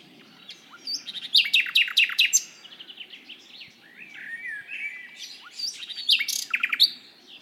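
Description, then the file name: Common nightingale singing loud, varied phrases of sharp repeated notes, liquid whistles and slurred trills, with a steady low background hum. "Luscinia megarhynchos"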